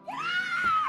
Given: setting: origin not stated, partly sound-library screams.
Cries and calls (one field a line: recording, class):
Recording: one-second piece from a danger detection set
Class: woman in danger